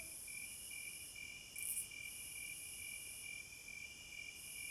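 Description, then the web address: Crickets trilling in a continuous pulsed chirp, with a high droning band that briefly swells a little before the two-second mark. Night forest ambience, described as a midnight concert. "Sounds of Nature Hypnotizing Forest- Wolves, Crickets, Owls and Singing Birds Midnight Concert"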